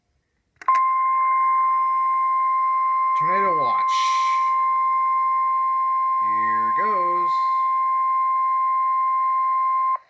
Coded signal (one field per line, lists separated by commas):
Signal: Emergency Alert System (SAME) tones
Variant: 1050 Hz attention tone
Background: speech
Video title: NOAA Weather Radio-Several Messages+ Tornado Watch 26